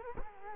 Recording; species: mosquito wingbeat signal from an infrared sensor; Culex quinquefasciatus